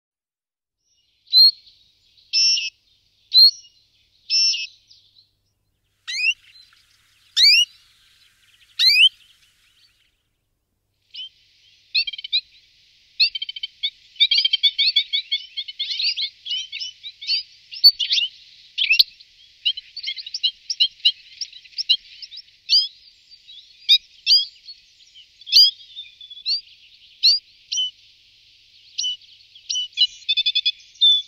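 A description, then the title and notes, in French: A Corsican finch gives spaced, bright chirps and thin whistles, then from about thirteen seconds breaks into a fast, continuous twittering song against quiet surroundings. VENTURON CORSE/CANARINU CRUCIATU.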